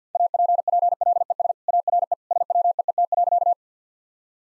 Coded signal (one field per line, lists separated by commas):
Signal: Morse code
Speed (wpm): 50 wpm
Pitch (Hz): 700 Hz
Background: none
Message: APPLES ARE SWEET.